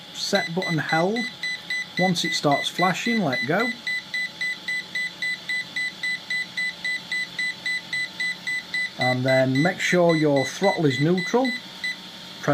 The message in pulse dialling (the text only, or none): none